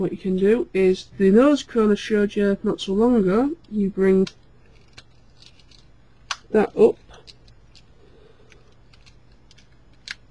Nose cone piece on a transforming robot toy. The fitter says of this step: and click into place,